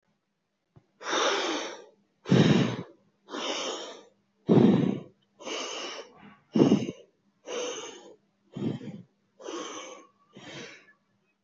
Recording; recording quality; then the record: deep breathing; excellent, no background noise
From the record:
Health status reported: healthy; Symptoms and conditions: none ticked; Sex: female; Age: 23 years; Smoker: not ticked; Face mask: not worn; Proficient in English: yes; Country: India